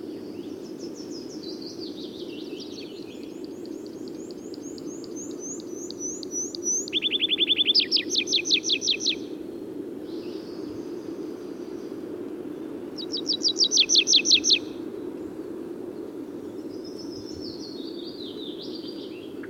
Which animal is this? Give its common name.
Tree Pipit